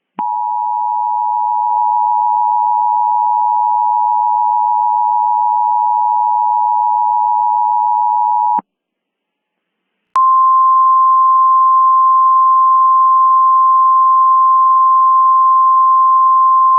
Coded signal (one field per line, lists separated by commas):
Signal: Emergency Alert System (SAME) tones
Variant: 853 and 960 Hz attention tone